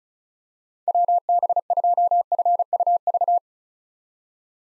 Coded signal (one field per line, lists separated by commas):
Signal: Morse code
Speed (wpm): 34 wpm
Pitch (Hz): 700 Hz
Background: none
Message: WB2FUV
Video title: 2023 SOTA Chaser Call Signs - 35wpm